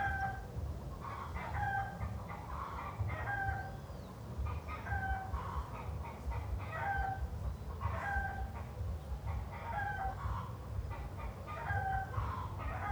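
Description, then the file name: Chickens cluck and cackle in brief stacked notes recurring every second or two, with a constant low-pitched hum running underneath throughout. Chickens clucking in a city setting. "Galinhas cacarejando na cidade"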